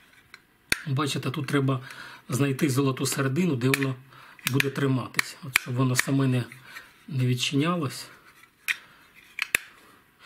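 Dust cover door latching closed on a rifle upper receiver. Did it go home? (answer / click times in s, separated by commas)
yes / 9.4 s, 9.6 s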